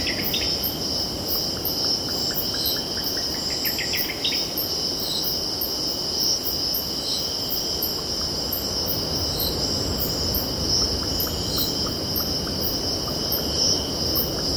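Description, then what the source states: Cicadas holding a bright, unbroken buzzing chorus with pulsed overtones; early on a bird calls in a quick rising series, then scattered chirps, all over a low wash of surf. Cicadas stridulating, with birds calling and distant ocean in background.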